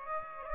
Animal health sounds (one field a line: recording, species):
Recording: mosquito wingbeat signal from an infrared sensor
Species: Aedes aegypti